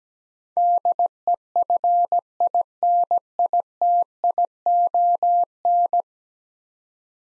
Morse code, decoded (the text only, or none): DEFINITION